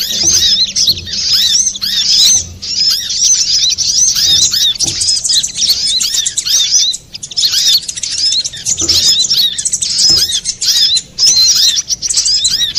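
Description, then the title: Little spiderhunter giving a long, almost unbroken torrent of thin, high squeaky chirps and fast slurs, with a few short breaks and faint low thuds. Masteran, used for training cage birds. "Masteran Burung Sogok Ontong Labaik"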